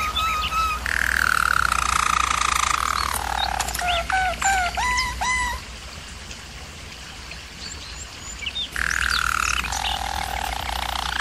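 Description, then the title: German Roller canary song: a smooth low roll, then sharp rising and falling notes, a quieter pause, and the roll returning, with a steady background hum. German Roller canary singing, for canary training. "German Roller Canary Singing - Canary Training Vid"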